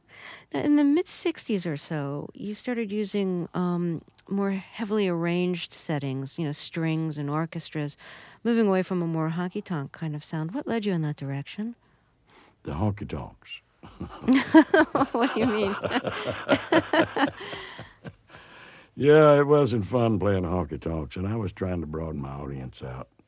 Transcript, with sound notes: Now, in the mid-'60s or so you started using more heavily arranged settings, you know, strings and orchestras, moving away from a more honky tonk kind of sound. What led you in that direction?
The honky tonks.
(LAUGHTER)
What do you mean?
Yeah. It wasn't fun playing honky tonks and I was trying to broaden my audience out,